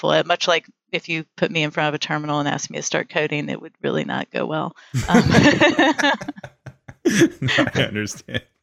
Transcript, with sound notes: Much like if you put me in front of a terminal and asked me to start coding, it would really not go well.. [laugh]
I understand.